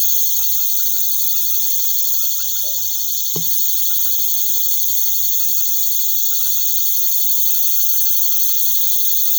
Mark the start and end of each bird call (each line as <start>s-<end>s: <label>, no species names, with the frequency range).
1.97s-2.82s: bird call (0.2-1.1 kHz)